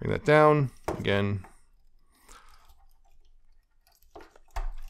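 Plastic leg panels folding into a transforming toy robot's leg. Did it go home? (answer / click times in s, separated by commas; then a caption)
yes / 4.6 s. Someone talks, then plastic leg panels are folded up into a transforming toy robot figure's leg during its transformation, with small handling taps and rattles. The panels click into place at about 4.6 s, seating firmly.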